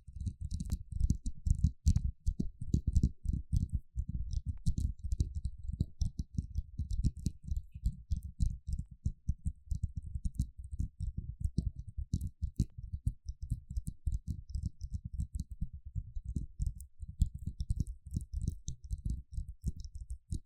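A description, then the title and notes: Fast, irregular tapping continues throughout, dense dull low knocks with faint crisp ticks above, slightly heavier around the second and third seconds. Tapping.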